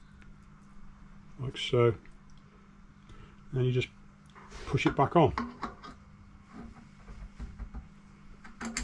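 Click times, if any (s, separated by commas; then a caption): 8.8 s. On a fat bike's rear hub, the greased freehub body is pushed back on over the pawls and turned so it engages, while someone talks. A few faint knocks follow, then a sharp click at 8.8 s as the freehub body seats onto the pawls.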